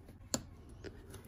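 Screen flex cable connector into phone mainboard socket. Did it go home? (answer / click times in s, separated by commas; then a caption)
yes / 0.3 s. During a phone repair, the screen's flex-cable connector is pressed onto its socket on the phone mainboard. One sharp snap is heard at 0.3 s as it seats, followed by a few much fainter ticks. The connector is seated.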